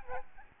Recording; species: mosquito wingbeat signal from an infrared sensor; Aedes albopictus